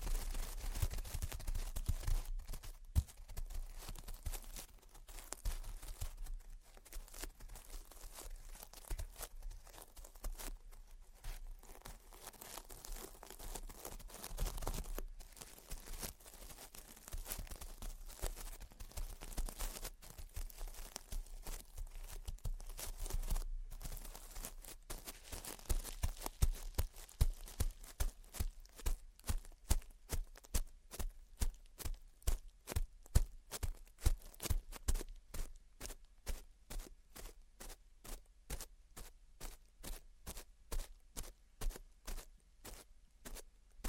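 Gentle tapping and scratching, beginning as a dense, uneven rustle of scratches with scattered sharper taps. After about half a minute it settles into steady, rapid tapping, a regular stream of crisp light knocks that continues to the end.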